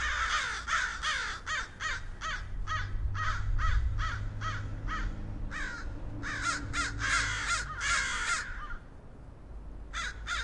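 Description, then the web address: Crow caws, harsh and raspy, given in rapid runs of many calls with a brief pause near the end, then two more caws. Crow calls used as a ringtone. "wrony"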